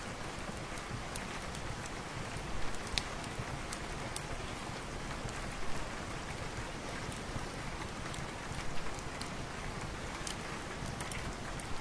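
Steady rain falls through a night scene, a dense, even hiss that never lets up. Sharp drops tick out every second or so, a few louder ones near the third, sixth and ninth seconds, over a soft low rumble.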